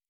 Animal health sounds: hydrophone in a shrimp aquaculture tank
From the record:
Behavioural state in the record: normal

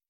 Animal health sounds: hydrophone in a shrimp aquaculture tank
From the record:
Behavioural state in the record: feeding

